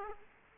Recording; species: mosquito wingbeat signal from an infrared sensor; Aedes aegypti